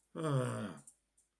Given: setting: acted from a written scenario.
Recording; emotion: vocal sound without words; anger